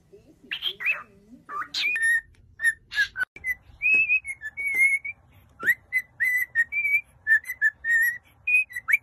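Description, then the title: Cockatiel whistles: a few harsh squawky notes at the start, then a run of clear, slightly wavering whistles in short bursts. Whistling song of cockatiels, more than one bird. "Calopsitas Cantando Assobio"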